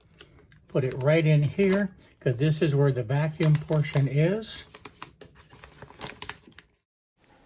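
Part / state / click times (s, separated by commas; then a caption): vacuum sealer lid latching onto the sealer base / seated / 6.2 s. The plastic lid of a VEVOR food-saver vacuum sealer, used as a filament saver for a 3D printer, is pressed closed over a bag onto the sealer base so the orange locking tabs on each side catch. Someone talks, then a few light handling clicks follow, and the lid snaps shut with a sharp click at 6.2 s. The lid is fully closed and locked.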